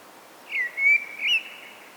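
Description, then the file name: Common blackbird giving a short, soft fluted phrase of three smooth whistled notes. "Turdus merula"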